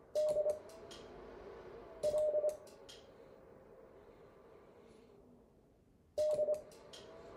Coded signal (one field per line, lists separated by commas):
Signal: Morse code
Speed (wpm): 25 wpm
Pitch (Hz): 600 Hz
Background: none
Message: DLD